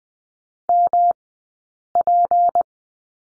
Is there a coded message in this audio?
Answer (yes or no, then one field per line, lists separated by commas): yes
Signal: Morse code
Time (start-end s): 0.7-2.6 s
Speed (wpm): 20 wpm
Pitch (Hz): 700 Hz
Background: none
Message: MP